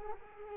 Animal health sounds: mosquito wingbeat signal from an infrared sensor; Culex quinquefasciatus

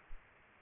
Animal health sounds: mosquito wingbeat signal from an infrared sensor; Aedes aegypti

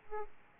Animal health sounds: mosquito wingbeat signal from an infrared sensor; Aedes aegypti

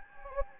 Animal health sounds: mosquito wingbeat signal from an infrared sensor; Anopheles gambiae

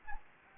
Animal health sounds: mosquito wingbeat signal from an infrared sensor; Anopheles gambiae

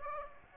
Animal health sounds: mosquito wingbeat signal from an infrared sensor; Aedes aegypti

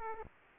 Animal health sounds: mosquito wingbeat signal from an infrared sensor; Aedes aegypti

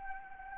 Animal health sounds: mosquito wingbeat signal from an infrared sensor; Anopheles arabiensis

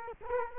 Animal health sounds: mosquito wingbeat signal from an infrared sensor; Culex quinquefasciatus

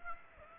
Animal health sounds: mosquito wingbeat signal from an infrared sensor; Aedes aegypti

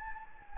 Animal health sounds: mosquito wingbeat signal from an infrared sensor; Anopheles gambiae

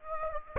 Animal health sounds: mosquito wingbeat signal from an infrared sensor; Aedes aegypti

